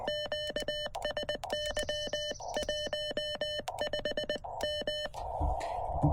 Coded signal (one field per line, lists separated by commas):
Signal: Morse code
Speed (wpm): 20 wpm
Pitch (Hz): 3000 Hz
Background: none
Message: QSY 15M